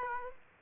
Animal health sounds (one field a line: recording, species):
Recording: mosquito wingbeat signal from an infrared sensor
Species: Aedes aegypti